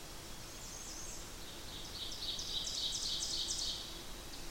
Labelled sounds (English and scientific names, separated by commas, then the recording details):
Ovenbird (Seiurus aurocapilla) song
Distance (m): 55 m
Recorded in boreal forest in Alberta, Canada, on 8 June 2016 at 07:10
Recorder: SongMeter 3, array SBT-3-9
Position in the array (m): 47 m, 103 m
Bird 33